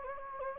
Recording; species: mosquito wingbeat signal from an infrared sensor; Anopheles gambiae